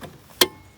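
A headlight bulb is twisted to the right into the headlamp housing socket of a VW Golf. After a faint tick near 0.0 s, one sharp, bright click at 0.4 s marks the bulb twist-locking into its locked position, and it is confirmed seated.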